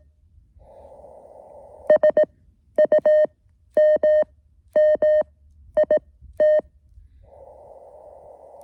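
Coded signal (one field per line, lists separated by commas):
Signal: Morse code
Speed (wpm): 18 wpm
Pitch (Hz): 620 Hz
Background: none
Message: SUMMIT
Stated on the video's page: QRP SOTA summit activation.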